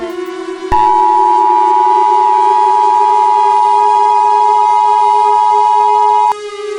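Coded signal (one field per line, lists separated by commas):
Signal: Emergency Alert System (SAME) tones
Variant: 853 and 960 Hz attention tone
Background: music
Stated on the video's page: Simulated alert scenario with multiple sirens from another creator.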